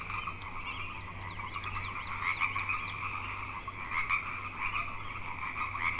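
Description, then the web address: Many frogs croaking together in a continuous trilling chorus, with quick chirps in the first half and a low droning hum beneath. Frog chorus on Grafton Lake, recorded 3 May 2009. "The Frog Chorus Tunes Up On Grafton Lake frogs 090503"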